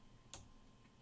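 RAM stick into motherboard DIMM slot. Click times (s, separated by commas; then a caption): 0.3 s. A RAM stick is pressed down into a motherboard DIMM slot until the retention clip closes, giving one sharp, bright click at 0.3 s against a low background hum. The stick is seated.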